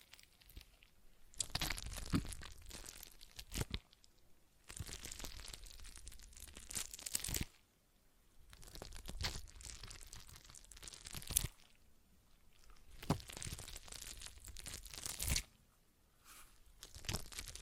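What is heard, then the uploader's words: A stress ball is squeezed and released in repeated bursts of crinkly, crunching texture, each lasting about two to three seconds. Short quiet gaps fall between squeezes, near 4.5, 7.5, 11.5 and 16 seconds, with sharp crackles and snaps scattered through each burst. ASMR Relaxing Stress Ball Sounds (No Talking).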